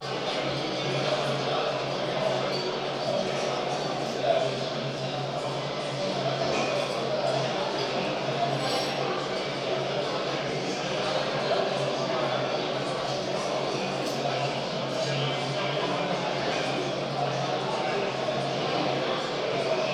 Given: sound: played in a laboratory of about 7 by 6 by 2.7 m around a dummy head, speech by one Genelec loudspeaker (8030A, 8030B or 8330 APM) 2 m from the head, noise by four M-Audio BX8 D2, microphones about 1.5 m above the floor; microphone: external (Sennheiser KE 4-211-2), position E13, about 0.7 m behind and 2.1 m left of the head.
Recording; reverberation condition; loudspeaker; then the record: cafeteria noise; high; four, about 170 cm from the corners of the room and facing them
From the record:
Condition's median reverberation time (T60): about 1300 ms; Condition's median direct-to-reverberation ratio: about -4.0 dB